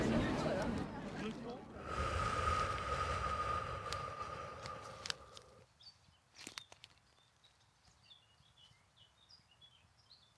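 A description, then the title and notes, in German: A walk through a forest, opening with a vehicle passing: a loud low rumble with a steady droning whine that fades away after about five seconds. Quiet woodland follows, with a few sharp footstep-like snaps and scattered high, thin bird chirps. Genieß den ruhigen Ausklang des Tages mit einem Spaziergang durch den Wald nähe Linz.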